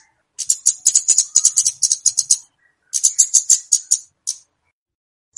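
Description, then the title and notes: Flowerpecker chirping: two quick runs of sharp, very high ticking notes separated by a short pause, followed by a few single notes. Clear recording of flowerpecker chirping, used as a lure (pikat). "Kicau Burung Kemade ( Cabe Cabean) Jernih. Suara Burung Cabe Cabean Pikat"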